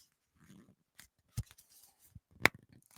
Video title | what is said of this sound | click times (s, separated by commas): Panini's Exclusive Athletes - March's Grading Report - Pokemon Scalpers - Hobby Talk Ep. 38 | Hear that snap? | 2.5 s